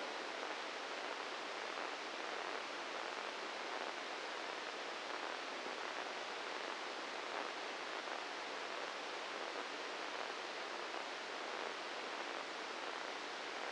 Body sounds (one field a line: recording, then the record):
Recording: brain microelectrode recording played as sound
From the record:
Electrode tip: inside the subthalamic nucleus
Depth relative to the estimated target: -1 mm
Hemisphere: right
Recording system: NeuroSet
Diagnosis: Parkinson's disease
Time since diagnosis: 10 years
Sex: male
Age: 56 years